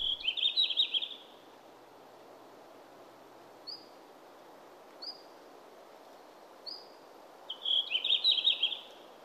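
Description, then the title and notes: Red-flanked Bluetail: a brief high warbling phrase, then three soft, thin call notes spaced a second or two apart, then another warbled phrase. "sinipyrstön esitteli Pertti Koskimies"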